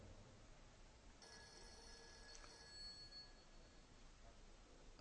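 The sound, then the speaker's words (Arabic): A telephone rings with a bright, steady electronic tone that starts after a second and holds for about three seconds before cutting off, over a constant low background hiss. “أغلق هذا التليفون.”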